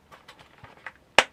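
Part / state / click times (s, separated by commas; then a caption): plastic handle clipping onto a leaf blower body / seated / 1.2 s. A plastic handle is pushed onto the body of a leaf blower/vacuum, with faint rustling and small handling taps before a loud, sharp snap at 1.2 s. The handle's one-way clip engages and is seated for good.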